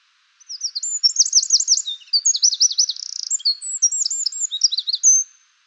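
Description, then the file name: Eurasian wren delivering one long, piercing song of about five seconds, with rippling trills, a fast buzzy rattle midway and sharp twitters to finish. "Troglodytes troglodytes"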